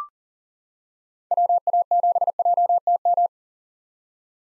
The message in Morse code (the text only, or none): WA7JTM